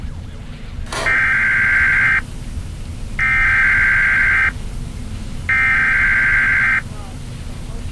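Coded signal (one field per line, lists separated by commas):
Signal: Emergency Alert System (SAME) tones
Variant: header bursts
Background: speech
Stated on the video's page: Heard in Roblox.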